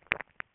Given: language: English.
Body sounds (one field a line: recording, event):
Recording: throat vibration sensor signal played as sound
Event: swallow